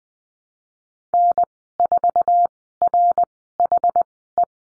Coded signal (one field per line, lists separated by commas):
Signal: Morse code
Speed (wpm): 20 wpm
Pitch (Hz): 700 Hz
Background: none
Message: N4RHE